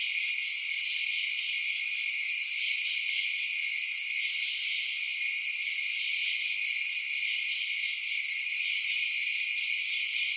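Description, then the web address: Insects trilling together in an unbroken, shimmering high chorus that holds an even level from start to end. Night-time insect ambience. "Blast Wave Night Insects ambience-night-insects"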